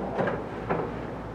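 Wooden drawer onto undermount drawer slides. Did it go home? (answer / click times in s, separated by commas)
no / none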